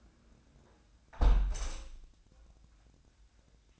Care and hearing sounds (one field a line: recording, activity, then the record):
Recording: daily activity, microphone in the room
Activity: close window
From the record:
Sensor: 2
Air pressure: 1012.1 hPa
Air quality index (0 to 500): 128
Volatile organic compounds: 1 ppm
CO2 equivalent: 944 ppm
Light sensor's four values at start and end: 159/383/161/168 and 158/382/160/166